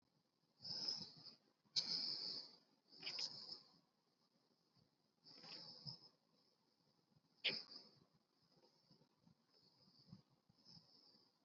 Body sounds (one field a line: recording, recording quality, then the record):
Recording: deep breathing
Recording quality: excellent, no background noise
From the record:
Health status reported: healthy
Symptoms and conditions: cough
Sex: female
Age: 32 years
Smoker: not ticked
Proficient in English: yes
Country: India